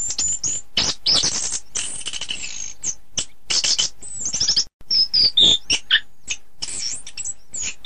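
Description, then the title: Thrush song, hurried and scratchy, mixing harsh rasping bursts with thin whistles and chirps, broken by one short gap. "Suara Burung Anis"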